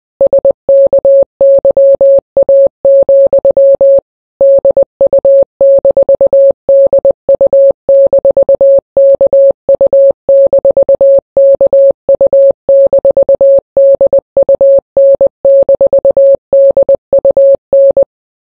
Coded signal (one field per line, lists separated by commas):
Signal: Morse code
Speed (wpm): 20 wpm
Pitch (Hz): 550 Hz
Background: none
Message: SKYA, DU-DU-KU-KU-DUN-DUN